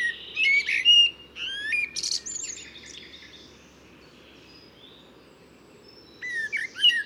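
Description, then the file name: Common blackbird calls and song phrases, high chirps and short whistled notes in bursts at the start and end, quieter between. "Turdus merula"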